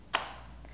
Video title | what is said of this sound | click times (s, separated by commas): EweTube 181: Spinning Wheels, Polar Bear Cubs, Q&A, and Wool Burning! | and you snap this on | 0.1 s